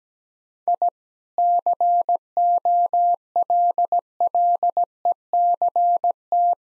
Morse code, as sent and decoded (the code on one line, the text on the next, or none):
.. / -.-. --- .-.. .-.. . -.-. -
I COLLECT